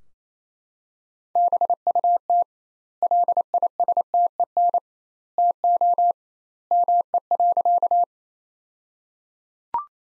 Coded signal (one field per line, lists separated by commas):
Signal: Morse code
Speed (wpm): 28 wpm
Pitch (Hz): 700 Hz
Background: none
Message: BUT LISTEN TO ME.